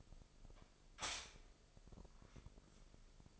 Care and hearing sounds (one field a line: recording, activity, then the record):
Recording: daily activity, microphone in the room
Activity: stop toaster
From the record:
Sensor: 5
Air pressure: 995.4 hPa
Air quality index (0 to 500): 104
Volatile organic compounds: 7 ppm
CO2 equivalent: 2008 ppm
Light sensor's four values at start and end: 34/83/33/34 and 34/83/33/34